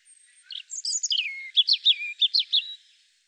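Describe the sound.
European robin song phrase: thin high notes tumbling into a series of quick, evenly spaced twittering trills that drop and rise.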